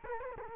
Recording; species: mosquito wingbeat signal from an infrared sensor; Culex quinquefasciatus